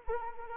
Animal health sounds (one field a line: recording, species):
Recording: mosquito wingbeat signal from an infrared sensor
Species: Anopheles arabiensis